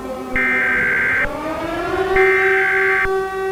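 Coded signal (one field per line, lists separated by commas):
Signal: Emergency Alert System (SAME) tones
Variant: header bursts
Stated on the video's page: Simulated alert scenario, generated with a DASDEC encoder.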